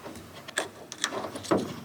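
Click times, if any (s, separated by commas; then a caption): none. The second plastic windshield washer sprayer nozzle is being handled at the hood panel of a VW T-Cross. Brief sharp handling knocks are heard around 0.6 s and 1.0 s, followed by a broader scraping rustle near 1.5 s. Nothing has seated or clicked yet.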